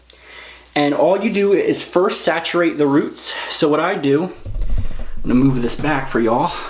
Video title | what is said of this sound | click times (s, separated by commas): John Freida Foam Color Light Red 6R Review | so take it like so you'll hear a click | 0.1 s